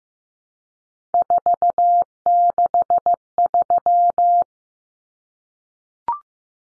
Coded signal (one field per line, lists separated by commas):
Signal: Morse code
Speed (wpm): 15 wpm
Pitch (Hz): 700 Hz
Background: none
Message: 463